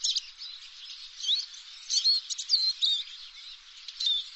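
Bird chirps, short high twittering notes coming in quick bursts, some rising and falling.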